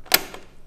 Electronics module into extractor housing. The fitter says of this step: klickt man die elektronik wieder ein dass er deutlicher klick zu hören ist